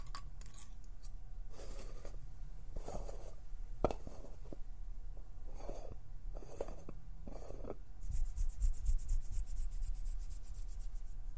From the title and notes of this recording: PLUCKING, PINCHING, FINGER FLUTTERING, PERSONAL ATTENTION - NO TALKING.